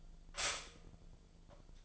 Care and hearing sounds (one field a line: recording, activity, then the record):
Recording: daily activity, microphone in the room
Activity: stop toaster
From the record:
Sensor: 5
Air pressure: 1009.3 hPa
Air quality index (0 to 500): 168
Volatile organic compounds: 4 ppm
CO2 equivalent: 1629 ppm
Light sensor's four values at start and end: 89/235/95/100 and 89/235/96/101